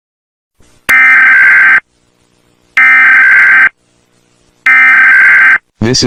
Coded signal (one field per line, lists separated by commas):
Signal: Emergency Alert System (SAME) tones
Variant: header bursts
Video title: All EAS Alarm of the Brazilian States (EDITED) #edit #brazil #easalarm #states #brazilian